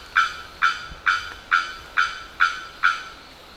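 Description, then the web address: Bearded bellbird calling with loud, abrupt, harmonic bock notes repeated steadily about twice a second, seven notes in quick succession against a quiet background. "sound bearded-bellbird. صدای-پرنده-زنگمرغ-ریشدار"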